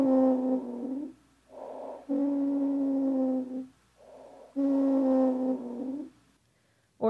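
Three breath cycles, about 21 a minute, each with a soft intake followed by a loud, musical, steady-pitched whistle through a prolonged breath out. This is a wheeze, an abnormal breath sound listened for when auscultating the lungs on the back.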